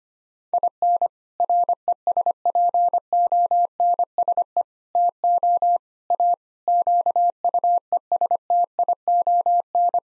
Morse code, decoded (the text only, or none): IN RESPONSE TO A QUESTION